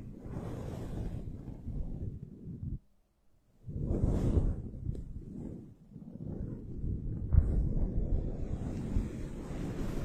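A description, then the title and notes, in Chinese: Rustling and rumbling on a microphone's foam windscreen, heavy at the bottom with soft hiss above. The rubbing comes in uneven swells, cuts to near silence around the third second, then returns in gusts and holds fairly steady through the end. 麦克风防风棉套触发。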